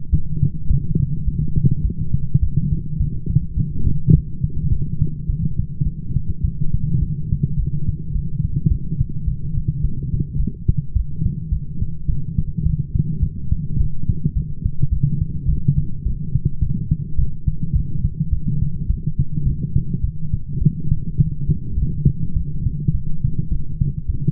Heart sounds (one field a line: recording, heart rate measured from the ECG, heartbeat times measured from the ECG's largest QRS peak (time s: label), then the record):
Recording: heart sounds by stethoscope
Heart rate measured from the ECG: 105 bpm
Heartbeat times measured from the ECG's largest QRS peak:
0.11 s: heartbeat
0.68 s: heartbeat
1.26 s: heartbeat
1.83 s: heartbeat
2.41 s: heartbeat
2.98 s: heartbeat
3.55 s: heartbeat
4.12 s: heartbeat
4.70 s: heartbeat
5.27 s: heartbeat
5.84 s: heartbeat
6.42 s: heartbeat
7.00 s: heartbeat
7.57 s: heartbeat
8.13 s: heartbeat
8.69 s: heartbeat
9.26 s: heartbeat
9.82 s: heartbeat
10.38 s: heartbeat
10.94 s: heartbeat
11.50 s: heartbeat
12.07 s: heartbeat
12.64 s: heartbeat
13.21 s: heartbeat
13.78 s: heartbeat
14.34 s: heartbeat
14.90 s: heartbeat
15.47 s: heartbeat
16.04 s: heartbeat
16.60 s: heartbeat
17.17 s: heartbeat
17.73 s: heartbeat
18.31 s: heartbeat
18.88 s: heartbeat
19.44 s: heartbeat
20.02 s: heartbeat
20.60 s: heartbeat
21.17 s: heartbeat
21.75 s: heartbeat
22.34 s: heartbeat
22.92 s: heartbeat
23.50 s: heartbeat
24.07 s: heartbeat
From the record:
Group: healthy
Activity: light exercise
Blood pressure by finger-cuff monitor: 148/85 mmHg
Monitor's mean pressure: 107 mmHg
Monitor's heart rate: 105 bpm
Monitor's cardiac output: 9.7 L/min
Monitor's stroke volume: 92 mL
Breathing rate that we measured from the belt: 29 breaths a minute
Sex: female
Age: 22 years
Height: 161 cm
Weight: 65.5 kg